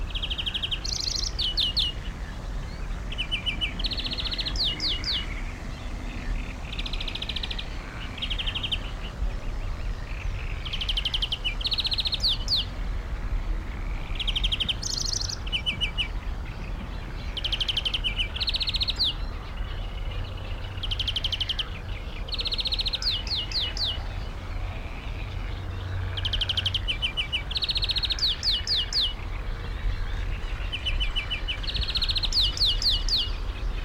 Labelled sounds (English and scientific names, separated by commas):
European Greenfinch (Chloris chloris)